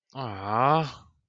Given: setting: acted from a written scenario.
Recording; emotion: vocal sound without words; adoration